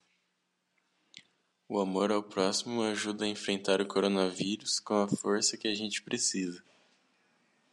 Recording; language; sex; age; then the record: spoken sentence; Brazilian Portuguese; female; 20 to 29 years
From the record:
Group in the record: control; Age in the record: 20 years